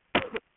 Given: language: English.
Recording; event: throat vibration sensor signal played as sound; cough